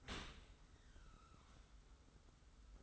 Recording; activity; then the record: daily activity, microphone in the room; open dishwasher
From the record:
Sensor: 3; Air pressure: 991.3 hPa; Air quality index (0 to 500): 137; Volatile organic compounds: 255 ppm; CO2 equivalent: 4374 ppm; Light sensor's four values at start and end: 53/144/59/52 and 53/144/59/52